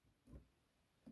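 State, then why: Not seated. A plastic toy piece is handled against the body of a Masters of the Universe Evil Airship of Skeletor toy, producing two soft, low handling thumps around 0.3–0.4 s and 1.1 s over a quiet background. The piece has not snapped in or seated yet.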